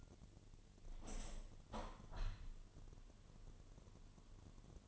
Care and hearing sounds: daily activity, microphone in the room; open window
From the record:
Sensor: 4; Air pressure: 1007.1 hPa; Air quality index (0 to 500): 181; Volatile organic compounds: 5 ppm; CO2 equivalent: 1802 ppm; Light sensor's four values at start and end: 23/73/28/27 and 23/73/28/27

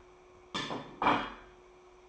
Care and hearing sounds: daily activity, microphone in the room; place plate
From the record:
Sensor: 1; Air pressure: 1004.4 hPa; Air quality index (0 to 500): 197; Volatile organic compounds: 18 ppm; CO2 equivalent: 2609 ppm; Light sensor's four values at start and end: 4/9/3/3 and 4/9/3/3

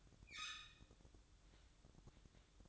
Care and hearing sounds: daily activity, microphone in the room; open fridge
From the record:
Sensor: 3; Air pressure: 1007.8 hPa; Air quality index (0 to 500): 80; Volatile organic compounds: 1 ppm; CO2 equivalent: 681 ppm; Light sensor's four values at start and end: 13/30/12/13 and 13/30/12/13

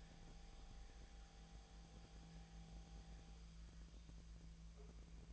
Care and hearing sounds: daily activity, microphone in the room; make coffee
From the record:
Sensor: 1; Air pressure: 1009.4 hPa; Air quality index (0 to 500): 196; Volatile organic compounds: 19 ppm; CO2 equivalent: 2672 ppm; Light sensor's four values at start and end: 28/73/30/36 and 28/71/29/35

